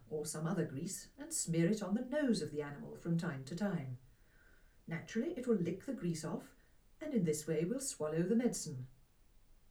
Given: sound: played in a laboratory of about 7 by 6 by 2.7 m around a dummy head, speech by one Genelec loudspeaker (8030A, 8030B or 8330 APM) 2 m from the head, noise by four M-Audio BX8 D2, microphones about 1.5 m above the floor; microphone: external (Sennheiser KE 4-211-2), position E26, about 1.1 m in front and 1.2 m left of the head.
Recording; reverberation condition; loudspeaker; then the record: female speech in English; low; behind (180 degrees)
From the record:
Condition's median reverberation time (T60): about 310 ms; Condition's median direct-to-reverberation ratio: about 3.5 dB